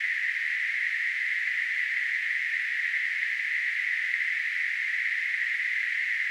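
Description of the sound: A steady, unbroken hiss concentrated in a narrow mid-high pitch band, with no low sound and no change in loudness for over six seconds. This is a simulated tinnitus sound of the noise type, imitating the constant ringing or hissing heard by people with tinnitus.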